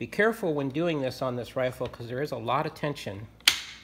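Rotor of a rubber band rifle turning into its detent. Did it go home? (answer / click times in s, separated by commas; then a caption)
yes / 3.5 s. Someone talks while the rotor of a Lapua 338 toy rubber band sniper rifle, loaded with its first rubber band, is turned back 180 degrees under a lot of tension. A sharp click at 3.5 s marks the rotor seating into its detent.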